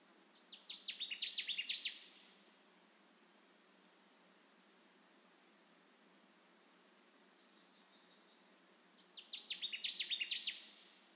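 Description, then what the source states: Connecticut warbler gives two bright, rhythmic phrases of rapid repeated chopped notes, separated by roughly seven seconds of quiet background hiss. Recorded on 10 June 2021.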